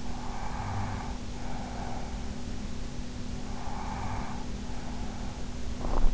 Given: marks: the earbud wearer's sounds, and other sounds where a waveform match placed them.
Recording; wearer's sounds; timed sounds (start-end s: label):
sounds in sleep by an in-ear microphone; breath, teeth grinding
0.03-2.31 s: breath
3.46-5.23 s: breath
5.63-6.14 s: teeth grinding